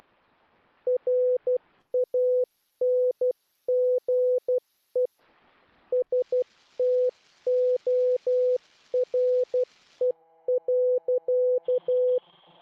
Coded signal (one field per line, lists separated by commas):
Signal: Morse code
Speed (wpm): 12 wpm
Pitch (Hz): 500 Hz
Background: none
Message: RANGE STORE.